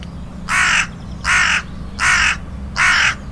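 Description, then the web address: Hooded crow giving four harsh, hoarse caws, each about a third of a second long, spaced evenly under a second apart, over a low steady hum. "agykontroll Madardalok Cd 2. Dolmányos varjú"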